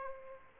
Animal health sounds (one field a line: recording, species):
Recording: mosquito wingbeat signal from an infrared sensor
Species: Aedes aegypti